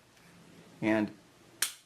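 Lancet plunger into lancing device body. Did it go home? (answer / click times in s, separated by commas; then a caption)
yes / 1.6 s. Someone talks briefly, then the plunger of a spring-loaded lancing device is pulled back to reload it. The plunger latches into the lancing device body with a single sharp click at 1.6 s, and the device is cocked and latched.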